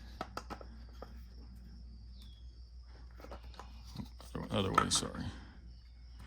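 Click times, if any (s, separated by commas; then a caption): none. A new fuel filter element is handled at the frame-mounted water separator housing of a 2011–2016 Ford 6.7 Powerstroke diesel, after a first try went in the wrong way round. Sharp plastic ticks and handling rustle are heard, with a louder burst of crinkling and scraping near 4.5–5 s, and someone talks briefly. Nothing has snapped into the housing yet by the end.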